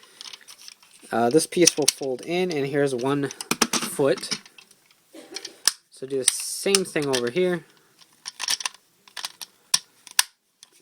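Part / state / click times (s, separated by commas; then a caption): plastic leg part of a transforming toy robot pushed into its mating part / seated / 9.7 s, 10.2 s. Someone talks while pushing two plastic leg parts of the Buster Machine GT-02 Gorilla transforming toy robot together to form its second foot, copying the first side, with light plastic handling taps along the way. Sharp, secure clicks ring out at 9.7 s and 10.2 s as the parts seat firmly.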